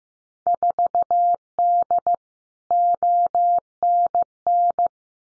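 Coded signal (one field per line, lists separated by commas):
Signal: Morse code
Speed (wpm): 15 wpm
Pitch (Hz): 700 Hz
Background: none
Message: 4D ONN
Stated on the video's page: Randomly selected Field Day exchanges at 15 wpm for head-copy practice, each sent in Morse twice.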